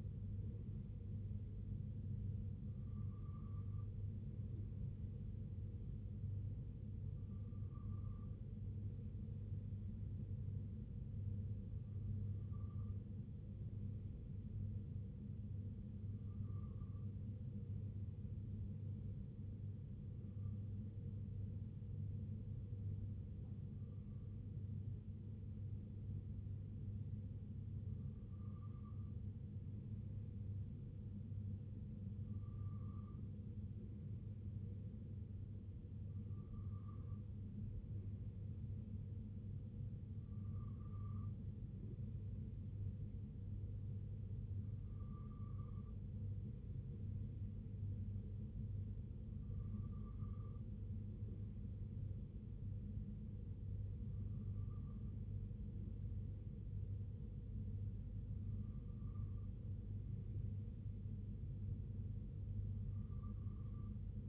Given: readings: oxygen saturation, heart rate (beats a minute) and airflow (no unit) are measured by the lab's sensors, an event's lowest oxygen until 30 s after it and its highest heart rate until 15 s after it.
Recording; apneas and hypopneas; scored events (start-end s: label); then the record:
breathing in sleep by a smartphone at the bedside; none
none scored
From the record:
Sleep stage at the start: N2 (light sleep); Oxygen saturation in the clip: 93 to 95%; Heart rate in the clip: 61 to 67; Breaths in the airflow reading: 15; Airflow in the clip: -2.8 to 2.3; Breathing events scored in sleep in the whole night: 258 in 7.4 hours asleep